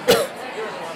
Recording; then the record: coughing mixed with background sound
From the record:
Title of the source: Coughing Woman Sound - Woman Cough Sound Effect